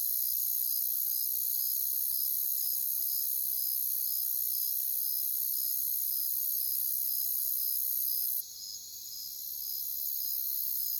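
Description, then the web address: Crickets chirping: short high pulses repeat about twice per second over a steady high-pitched insect hiss, with a sudden brief drop in the background near the end. "Sounds of Nature Collection. Crickets"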